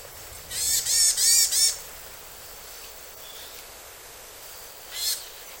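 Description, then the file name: Varied tit calls: four quick, high, buzzy notes in a tight run, then a single similar note a few seconds later, over a quiet background hiss. "yamagara"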